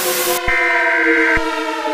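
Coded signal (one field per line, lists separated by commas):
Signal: Emergency Alert System (SAME) tones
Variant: header bursts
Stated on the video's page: Fictional EAS scenario made with CapCut and IbisPaint X.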